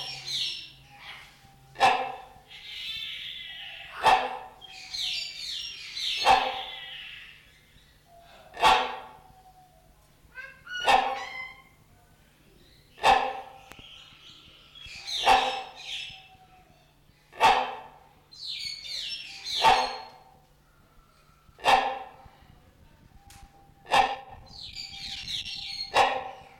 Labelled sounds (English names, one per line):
Common Hill Myna